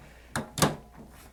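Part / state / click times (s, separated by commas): black inkjet print head into printer carriage / seated / 0.4 s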